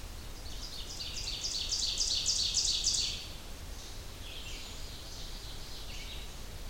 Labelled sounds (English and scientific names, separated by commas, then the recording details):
Ovenbird (Seiurus aurocapilla) song
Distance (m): 35 m
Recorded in boreal forest in Alberta, Canada, on 30 June 2016 at 06:39
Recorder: SongMeter 3, array SBT-6-79
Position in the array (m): 60 m, 148 m
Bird 40